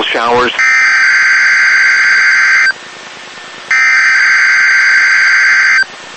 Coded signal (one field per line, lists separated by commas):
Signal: Emergency Alert System (SAME) tones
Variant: header bursts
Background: speech